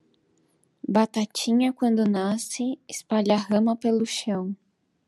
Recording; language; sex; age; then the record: short text; Brazilian Portuguese; female; 30 to 39 years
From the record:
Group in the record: control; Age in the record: 30 years